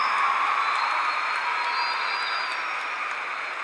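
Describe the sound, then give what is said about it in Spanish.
A crowd applauds the musicians who will accompany the singer on a song, a dense, even wash of clapping that holds at a consistent loud level for a few seconds and fades slightly toward the end, with no voices standing out. “Y bueno, la verdad es que ahora también quiero, aunque no sepan lo que va a pasar, un muy fuerte aplauso para estos músicos que me van a acompañar en este tema que se llama.”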